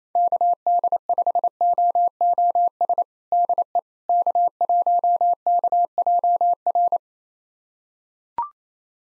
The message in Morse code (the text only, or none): KD5OOS DE K1KJR